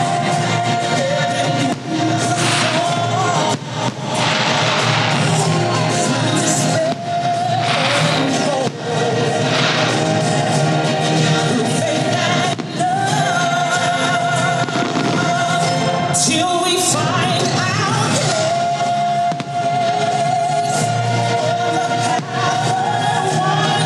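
Fireworks heard from inside a busy mall, bright crackling bursts recurring every few seconds over a dense, steady wash of crowd chatter and tones.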